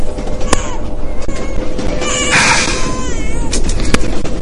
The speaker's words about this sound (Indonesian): Tengah malam, suara bayi nangis. Yang ini nih, berisiknya tuh bisa bikin gak bisa tidur lagi.